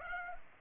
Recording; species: mosquito wingbeat signal from an infrared sensor; Culex pipiens